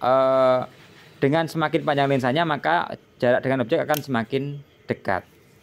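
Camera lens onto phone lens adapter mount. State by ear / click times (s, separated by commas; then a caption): not seated / none. A camera lens is being fitted onto a phone lens adapter mount while someone talks throughout. Nothing has seated or clicked yet.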